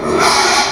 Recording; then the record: squeal of a Yucatan mini pig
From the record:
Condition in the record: after surgery on the right vocal fold (resection and tissue-engineered implant); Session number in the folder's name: 2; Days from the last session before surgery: 13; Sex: male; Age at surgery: 12 weeks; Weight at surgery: 13 kg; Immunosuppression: cyclosporine, prednisolone